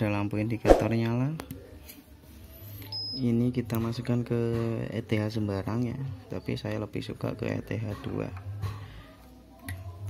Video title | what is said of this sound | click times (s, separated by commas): Review mikrotik routerboard RB450GX4 RAM 1GB | Tancapkan saja ya, sampai bunyi klik kayak gitu. | 9.7 s